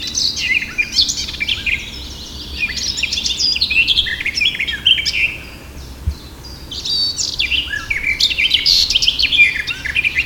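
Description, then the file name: Eurasian blackcap song: a rich, jumbled warble of quick high notes for about five seconds, a short pause, then another lively scratchy and whistled phrase. "Sylvia atricapilla"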